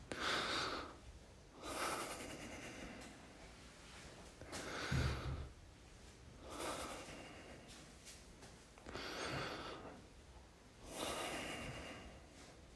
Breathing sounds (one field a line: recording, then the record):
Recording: deep breathing after running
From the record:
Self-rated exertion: moderate exertion (3 of 6)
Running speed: 8 miles an hour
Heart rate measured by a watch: 102 beats a minute at the start, 98 at the end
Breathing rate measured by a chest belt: 9 breaths a minute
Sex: male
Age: 24 years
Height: 185 cm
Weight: 79 kg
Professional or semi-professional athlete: no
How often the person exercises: 1 to 2 times a week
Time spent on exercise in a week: 2 to 3 hours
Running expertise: no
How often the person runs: 1 to 2 times a week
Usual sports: running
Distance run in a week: 20 km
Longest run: 10 km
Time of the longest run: 50 minutes